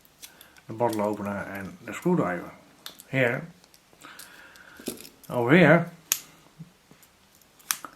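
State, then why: Seated. Someone talks while the combined bottle opener and screwdriver tool of a steel Dutch military pocket knife (second version) is swung open from the handle. It snaps into position with a sharp metallic click at 7.7 s, seated in place but not held by a locking spring.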